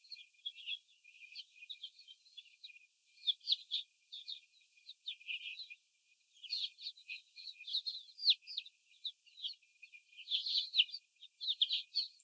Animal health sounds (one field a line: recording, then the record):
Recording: young laying hens in a cage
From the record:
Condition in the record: after the stressor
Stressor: simulated dog barking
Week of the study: 4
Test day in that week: 3